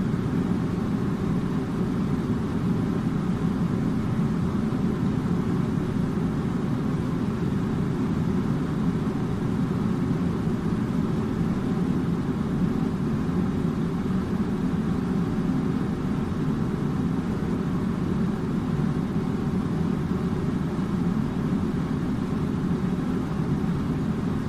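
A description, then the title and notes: An air conditioner runs with a constant, dense hum that stays level for the whole stretch. The sound sits low and thick, with a rumbling, engine-like drone and a softer hiss above it, unchanging, with no separate events. Air Conditioner Sounds.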